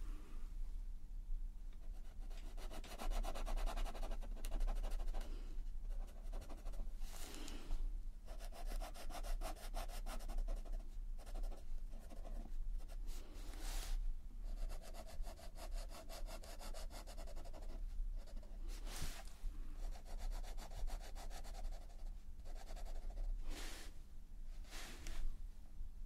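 Colouring pencil strokes scratch steadily across paper in a dense, continuous rubbing, broken by quick back-and-forth bursts of brighter scribbling every second or two. A low, constant hum sits underneath throughout, and the loudness stays fairly even for the whole stretch.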